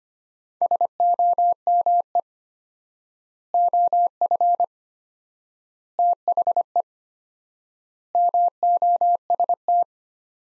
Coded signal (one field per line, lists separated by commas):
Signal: Morse code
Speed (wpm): 25 wpm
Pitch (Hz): 700 Hz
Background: none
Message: SOME OF THE MOST